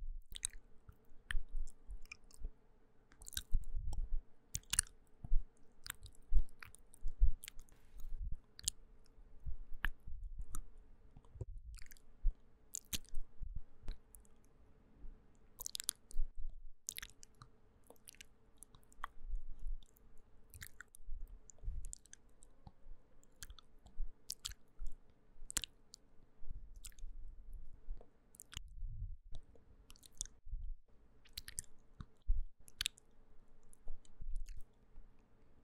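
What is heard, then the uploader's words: Hand and mouth sounds, with soft wet chewing-like smacks and small clicks that come irregularly but often for the whole stretch. Sharp bright ticks punctuate the sequence, with low thumps and rubbing between them, and a faint steady hum sits underneath. Relaxing hands sounds and hair brushing and mouth sounds for sleep (no talking).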